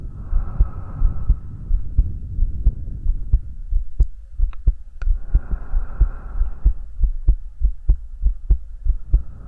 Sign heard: HeartBeat with Breathing.